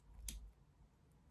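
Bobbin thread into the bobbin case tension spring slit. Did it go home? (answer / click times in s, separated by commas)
yes / 0.3 s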